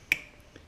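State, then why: Torque reached. A click-type torque wrench set to 85 inch-pounds tightens a connecting rod bolt on the crankshaft of an 8 hp Briggs small engine, being swapped for use on a Giant Vac blower. One sharp, bright click sounds at 0.1 s, followed by a much fainter tick at 0.6 s. The wrench clicks at its setting, confirming the bolt has reached torque.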